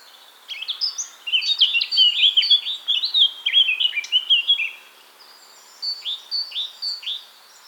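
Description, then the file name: Eurasian blackcap song: a long rich warble of varied fluty notes, followed after a short pause by five repeated downslurred whistles. "Sylvia atricapilla"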